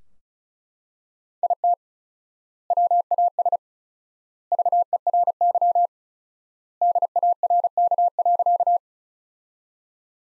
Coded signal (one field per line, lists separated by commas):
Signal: Morse code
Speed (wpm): 36 wpm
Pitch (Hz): 700 Hz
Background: none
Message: IT WAS VERY DARK.